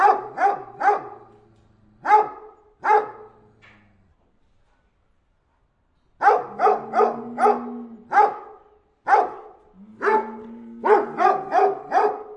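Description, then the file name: Anatolian Shepherd dog barking in uneven runs of rapid barks, a long quiet gap midway, and a low whining tone between some barks. "dog anatolian chomar"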